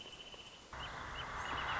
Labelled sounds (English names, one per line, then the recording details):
Wrentit
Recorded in Sonoma County, California